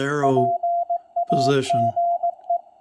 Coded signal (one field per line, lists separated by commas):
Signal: Morse code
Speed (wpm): 17 wpm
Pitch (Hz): 700 Hz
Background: speech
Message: PAGE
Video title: RGO-ONE Transceiver Overview for CW Operators